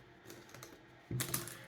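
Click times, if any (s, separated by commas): none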